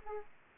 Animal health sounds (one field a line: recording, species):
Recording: mosquito wingbeat signal from an infrared sensor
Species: Aedes aegypti